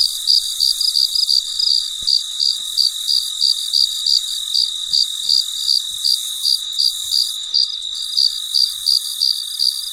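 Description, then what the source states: Cricket calling with bright, evenly repeated chirps at about three per second, and a low-level high insect drone behind. Recorded late at night; the night is described as very quiet.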